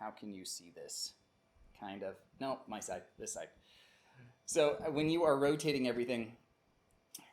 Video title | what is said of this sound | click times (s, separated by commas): RM Designs Controller Adapter Version 2 Setup and Controller Installation | you just push on the back side under here and it just pops right into place everything is super solid | 7.1 s